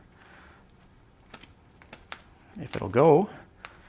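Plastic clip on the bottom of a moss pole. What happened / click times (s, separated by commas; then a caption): The plastic clip is being handled but has not yet snapped home / none. A plastic bottom clip on a 3D-printed moss pole is handled and pushed together, with a few light clicks and taps from about 1.3 s to 2.1 s and one more at 3.6 s. Someone talks briefly near 3 s. Nothing has seated or clicked into place yet.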